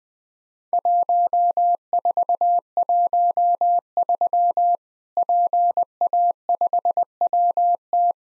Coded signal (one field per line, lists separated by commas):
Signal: Morse code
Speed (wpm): 21 wpm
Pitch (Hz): 700 Hz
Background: none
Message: 1413 PA5WT